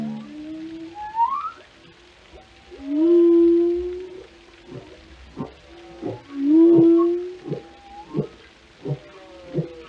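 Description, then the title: Whale moans, long tonal notes with stacked harmonics and a rising sweep, broken by short pulsed bursts. "Journey to the Depths: Discovering the World of Whales"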